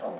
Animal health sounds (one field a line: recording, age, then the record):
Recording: pig call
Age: piglet (1 to 25 days)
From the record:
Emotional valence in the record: negative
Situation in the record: fighting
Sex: male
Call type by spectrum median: low-frequency call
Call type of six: low-frequency stable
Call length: 0.21 s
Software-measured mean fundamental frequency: 48 Hz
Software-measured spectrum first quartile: 482 Hz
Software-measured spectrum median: 626 Hz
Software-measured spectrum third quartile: 850 Hz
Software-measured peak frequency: 536 Hz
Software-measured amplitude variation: 92 dB a second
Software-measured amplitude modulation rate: 21.9 a second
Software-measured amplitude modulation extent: 4.2 dB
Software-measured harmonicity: 2.3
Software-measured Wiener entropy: -0.54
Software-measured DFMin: 1272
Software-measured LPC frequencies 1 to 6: 611, 3115, 4414, 5707, 6162, 7467 Hz